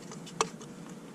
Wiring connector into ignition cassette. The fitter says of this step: just goes on, and then you press the tab in until it clicks.